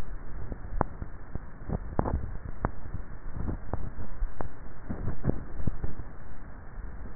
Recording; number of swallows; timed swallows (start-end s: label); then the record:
swallowing sounds by neck microphone; 2
1.78-2.82 s: swallow
5.28-5.88 s: swallow
From the record:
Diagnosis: dysphagia